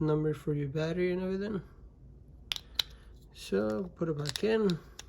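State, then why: Not seated. A coin cell battery is being handled to go back into a Chevy/GMC car key fob's plastic battery holder while someone talks. A few brief sharp ticks come between the talking, but nothing has seated or clicked yet.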